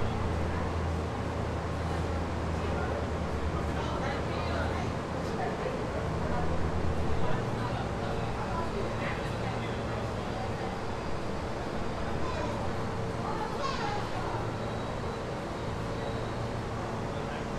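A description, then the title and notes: Passengers wait on a subway platform while trains rumble in and out on other tracks, a steady low roar that swells slightly around the middle. Voices and children's chatter murmur throughout, with occasional brighter squeals and clatters of wheels near the end. Manhattan Bound L Train Platform. We return to the Broadway Junction, this time on the upper platform where passengers await the Manhattan bound L train. The arriving and departing trains of other platforms.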